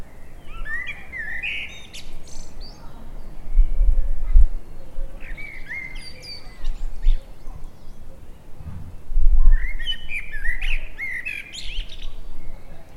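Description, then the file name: Eurasian blackbird singing fluted, warbling phrases that end in thin high twitters, several phrases in a row, with low thumping noises and background hiss. "Turdus merula"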